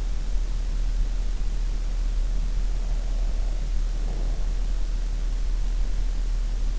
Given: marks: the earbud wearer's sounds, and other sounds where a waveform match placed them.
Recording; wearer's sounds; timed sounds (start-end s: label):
sounds in sleep by an in-ear microphone; breath
2.80-4.76 s: breath